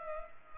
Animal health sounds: mosquito wingbeat signal from an infrared sensor; Culex pipiens

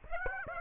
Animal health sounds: mosquito wingbeat signal from an infrared sensor; Aedes aegypti

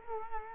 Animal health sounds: mosquito wingbeat signal from an infrared sensor; Culex quinquefasciatus

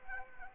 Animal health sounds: mosquito wingbeat signal from an infrared sensor; Anopheles arabiensis

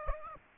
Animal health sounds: mosquito wingbeat signal from an infrared sensor; Aedes aegypti

